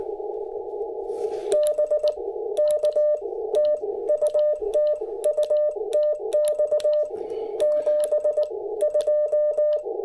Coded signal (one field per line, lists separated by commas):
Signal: Morse code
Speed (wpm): 19 wpm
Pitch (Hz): 600 Hz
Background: radio noise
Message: BK TU TU TX 72